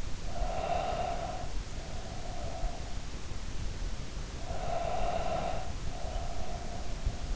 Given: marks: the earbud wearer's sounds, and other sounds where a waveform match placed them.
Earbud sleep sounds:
sounds in sleep by an in-ear microphone; breath
0.23-3.09 s: breath
4.21-7.36 s: breath

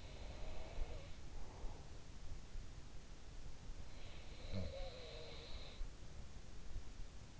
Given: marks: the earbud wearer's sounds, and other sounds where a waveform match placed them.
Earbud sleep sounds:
sounds in sleep by an in-ear microphone; breath
0.00-2.16 s: sound from someone else or the room
1.21-2.15 s: breath
3.84-6.43 s: sound from someone else or the room

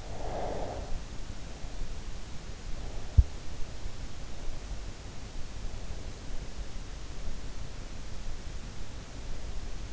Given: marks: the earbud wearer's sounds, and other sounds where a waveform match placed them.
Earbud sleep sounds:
sounds in sleep by an in-ear microphone; breath
0.00-1.00 s: breath
3.02-3.28 s: sound from someone else or the room

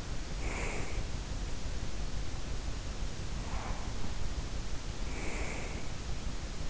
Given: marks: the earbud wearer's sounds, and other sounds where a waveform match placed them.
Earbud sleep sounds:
sounds in sleep by an in-ear microphone; breath
0.24-1.25 s: breath
3.16-6.28 s: breath

